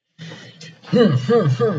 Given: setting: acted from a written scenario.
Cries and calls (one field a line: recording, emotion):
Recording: vocal sound without words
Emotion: triumph